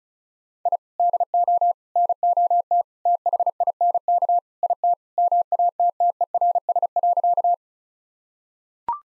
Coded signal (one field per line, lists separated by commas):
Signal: Morse code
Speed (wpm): 34 wpm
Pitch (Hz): 700 Hz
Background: none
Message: I DO NOT THINK IT MATTERS.